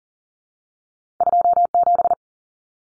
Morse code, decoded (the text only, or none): 27